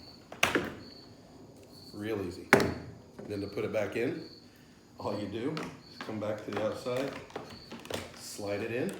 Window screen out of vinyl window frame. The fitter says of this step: you just put your fingers in these little hooks slide it over and it pops right out